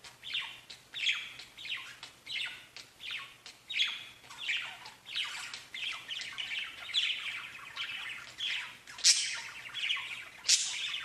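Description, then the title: Budgerigar chirping, quick rhythmic bursts of twittering notes, ending with two sharp loud squawks. "Budgie Sounds"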